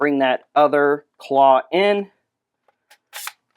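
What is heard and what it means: Someone talks while bringing the second plastic claw piece in along the side of the head crest of a large Hasbro Transformers Legacy United Tidal Wave transforming figure, aiming for the side slot of the head section. Faint plastic handling sounds follow after the speech. The claw has not yet clicked into place; nothing has seated.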